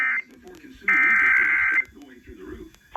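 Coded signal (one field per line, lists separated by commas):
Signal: Emergency Alert System (SAME) tones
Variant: header bursts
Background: speech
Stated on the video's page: Texas Required Monthly Test recorded off Fort Worth stations including WBAP-AM 820 kHz and several FM stations.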